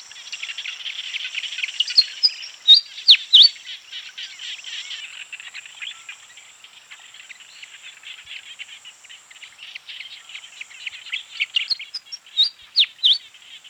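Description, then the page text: Pied fantail song in two bursts of bright whistled notes, rising and dipping, separated by a long stretch of dense background chirping and insect buzz. "Pied Fantail Song. Quick Sounds library"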